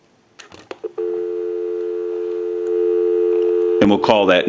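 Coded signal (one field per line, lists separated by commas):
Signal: telephone call progress tone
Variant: North America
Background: speech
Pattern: dial tone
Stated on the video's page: Telephone tone heard during the initial checkout and repair of a rotary dial candlestick telephone with bell box.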